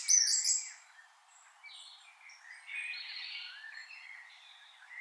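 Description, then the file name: Common blackbird calls: a quick burst of sharp, high chirping notes at the start, followed by fainter scratchy, rustling sounds that fade in and out. "Turdus merula"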